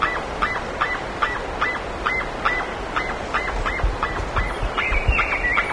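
Bird uttering a rapid run of honking notes, about two and a half per second, with a short high twittering near the end and steady background noise.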